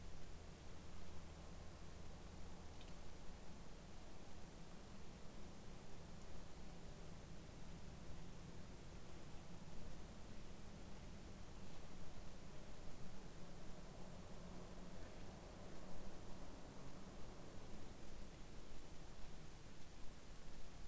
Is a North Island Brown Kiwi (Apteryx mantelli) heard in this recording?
no